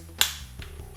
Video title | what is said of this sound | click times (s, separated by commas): How to Change oil/air filters/spark plugs on a 955 Cayenne Turbo | times gently don't go fast slow Progressive push until it clicks | 0.2 s